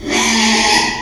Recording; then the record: squeal of a Yucatan mini pig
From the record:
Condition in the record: after surgery on the right vocal fold (resection and tissue-engineered implant); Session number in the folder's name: 2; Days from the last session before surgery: 13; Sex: male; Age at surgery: 12 weeks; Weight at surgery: 13 kg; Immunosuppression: cyclosporine, prednisolone